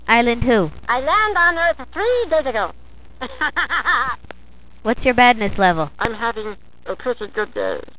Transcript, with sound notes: Island who? Island on Earth three days ago. *laugh* What's your badness level? I'm having a pretty good day.